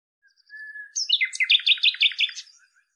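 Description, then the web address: Common nightingale song: a soft level whistle leads into a fast series of loud repeated notes, then a few faint trailing notes. "cianscape birddata Deverinetal 2025"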